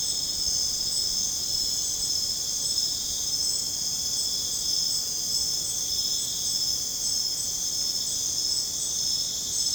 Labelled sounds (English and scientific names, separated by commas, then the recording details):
none
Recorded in dense forest near Puerto Asís, Putumayo, Colombia, on 23 June 2025 at 23:30
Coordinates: 0.486, -76.317
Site G065